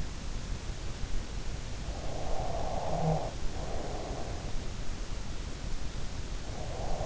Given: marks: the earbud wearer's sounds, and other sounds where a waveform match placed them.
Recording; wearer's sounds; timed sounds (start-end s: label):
sounds in sleep by an in-ear microphone; breath
1.47-4.26 s: breath